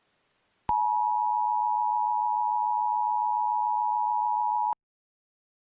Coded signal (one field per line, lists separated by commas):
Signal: Emergency Alert System (SAME) tones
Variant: 853 and 960 Hz attention tone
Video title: (Credit to Everyone) Emergency Alert System - Illinois